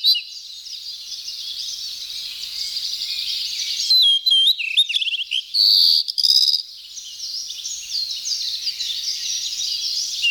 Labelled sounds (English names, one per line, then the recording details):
Blue-and-white Flycatcher song
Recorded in the wild
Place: Ussuriskij-Reservat, RU
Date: 1994-06-07
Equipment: Dat-Recorder Casio DA 7, Telinga DAT, Telinga-Parabolspiegel
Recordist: Schwarz, Dieter